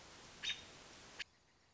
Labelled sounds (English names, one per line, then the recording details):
American Robin
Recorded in Sonoma County, California